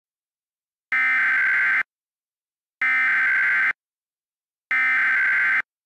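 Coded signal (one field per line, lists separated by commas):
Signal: Emergency Alert System (SAME) tones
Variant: header bursts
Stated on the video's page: Mock Emergency Alert System AMBER alert for North Carolina, a recreation of an alert relayed via CAP.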